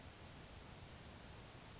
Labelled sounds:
Grasshopper Sparrow
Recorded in Sonoma County, California

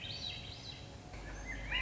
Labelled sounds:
Swainson's Thrush
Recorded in Sonoma County, California

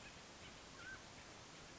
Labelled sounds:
Mountain Quail
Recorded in Sonoma County, California

